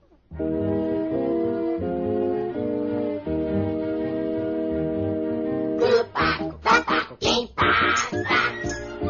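A steady melody of sustained tones gives way to a run of loud, raspy duck quacks in quick, irregular bursts.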